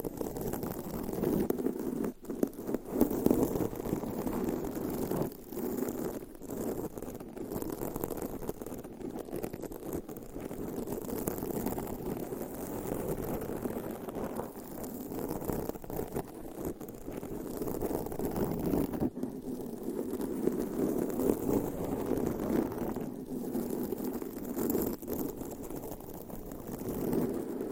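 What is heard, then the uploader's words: Nails scratch steadily across a microphone cover in a dense, continuous rasp, with the scraping sitting low. Brief dropouts and sharper strokes break the pattern around two, seven and nineteen seconds, and the texture stays rough and rhythmic throughout. ASMR Mic Scratching Brain Scratching with 30 DIFFERENT MICS Covers & Nails No Talking.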